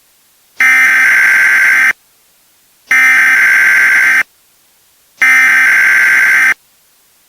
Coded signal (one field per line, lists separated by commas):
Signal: Emergency Alert System (SAME) tones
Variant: header bursts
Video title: EAS Scenario - The Wii Incident